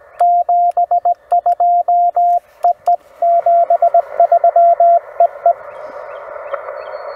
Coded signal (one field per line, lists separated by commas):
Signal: Morse code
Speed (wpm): 17 wpm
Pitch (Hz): 700 Hz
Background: radio noise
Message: 72EE73EE